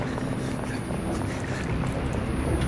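A boat slowly sinking and going under water: a steady, dense churning rush with a deep low rumble underneath, continuous and fairly loud for the whole stretch, with no voices.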